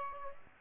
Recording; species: mosquito wingbeat signal from an infrared sensor; Aedes aegypti